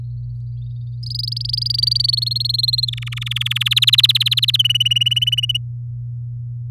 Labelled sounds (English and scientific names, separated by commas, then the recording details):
Domestic Canary (Serinus canaria) song
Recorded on 4 May 2018 at 09:55
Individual llb16